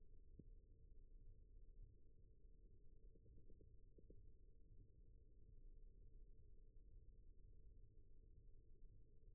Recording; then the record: forearm muscle sounds (acoustic myography)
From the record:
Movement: rest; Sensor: system 1, eight BSWA MPA416 microphones around the upper forearm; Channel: 2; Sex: female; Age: 22 years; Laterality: right